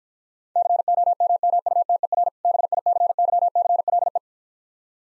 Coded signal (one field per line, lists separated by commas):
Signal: Morse code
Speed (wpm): 49 wpm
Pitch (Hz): 700 Hz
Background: none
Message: COMMUTER BICYCLE